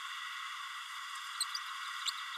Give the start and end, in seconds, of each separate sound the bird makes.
1.40-1.44, 2.05-2.11